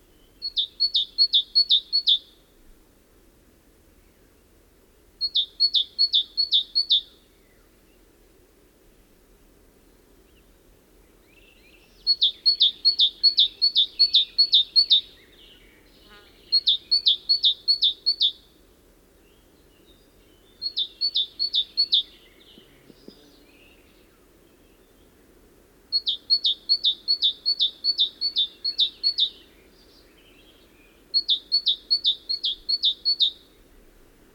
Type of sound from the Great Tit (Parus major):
song